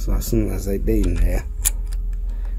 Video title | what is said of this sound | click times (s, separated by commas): Texi tronic 3 - Setup and Engineer Tutorial | press it harder and you're gonna hear the click. So that means it's connecting properly. | 1.7 s